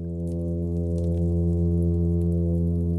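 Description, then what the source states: Plainfin midshipman fish humming, a continuous deep buzzy tone rich in overtones that stays level and unwavering throughout, over light underwater crackle. Males calling from a nest under a rocky shelter to attract females; hum advertisement call made with the swim bladder; vocal at night; recorded underwater with a hydrophone placed by a nest.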